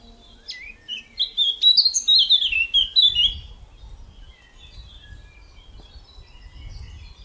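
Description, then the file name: Eurasian blackcap singing a fast, high warbled phrase, then quiet with faint chirps. "Sylvia atricapilla"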